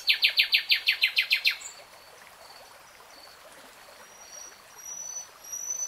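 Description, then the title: Nightingale song: a fast burst of about ten identical sharp notes, then quiet with a few faint high whistles. Nightingale singing in real time. "[Tiếng chim hót] Nightingale Singing"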